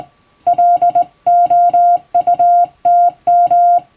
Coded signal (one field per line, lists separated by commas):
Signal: Morse code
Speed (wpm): 20 wpm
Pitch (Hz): 700 Hz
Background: music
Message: LOUTM